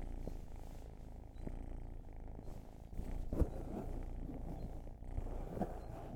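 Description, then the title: Cat purr, continuous low rumbling with breathing pulses and a couple of sharp clicks, growing louder after the third second. Long purring session. "Purrathon"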